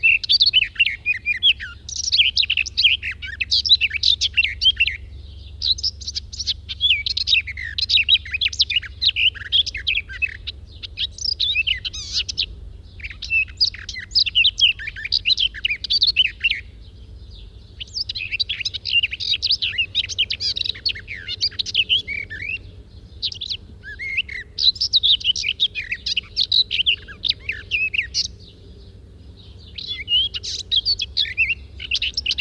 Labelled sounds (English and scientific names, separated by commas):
Garden Warbler (Sylvia borin) song